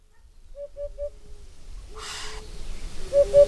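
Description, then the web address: Eurasian hoopoe giving one soft triple hoot, then a brief rushing noise burst, a low steady tone and the start of another triplet. "agykontroll Madardalok Cd 2. Búbosbanka"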